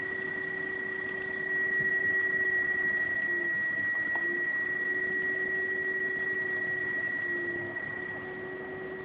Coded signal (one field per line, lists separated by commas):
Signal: PSK31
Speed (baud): 31.25 baud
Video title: PSK31 QSO A65BC in Abu Dhabi & DU3MEL in Mabalacat Pampanga Philippines